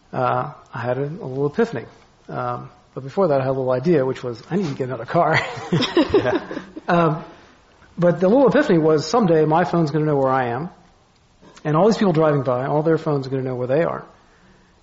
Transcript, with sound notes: I had a little epiphany. But before that, I had a little idea which was I need to get another car. [Laughter]
But the little epiphany was some day, my phone's gonna know where I am and all those who are driving by, all their phones are gonna know where they are.